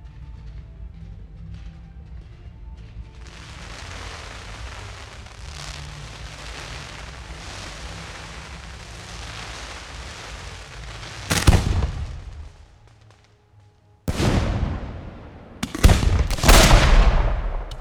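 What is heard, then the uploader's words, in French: Fireworks: a low rumble and steady hiss fill the first eleven seconds, then a sharp loud burst lands near eleven seconds. After a brief near-silence, a rapid cluster of crackling bangs erupts from fourteen seconds to the end. Feux d'artifices.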